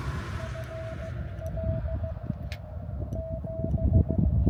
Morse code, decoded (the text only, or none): FL 7